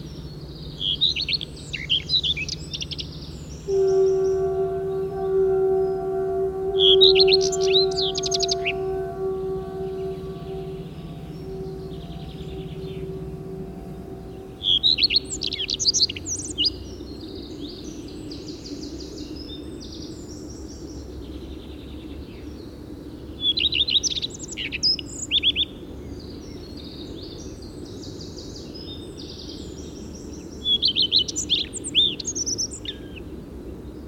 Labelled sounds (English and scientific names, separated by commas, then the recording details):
Common Redstart (Phoenicurus phoenicurus) song
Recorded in the wild
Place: Sinaia, Transilvania, RO
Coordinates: 45.331, 25.562
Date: 1976-05-28 06:25
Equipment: Nagra III BH, Sennheiser MD 21, parabola
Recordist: Schubert, Michael
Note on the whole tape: Gesang Gartenrotschwanz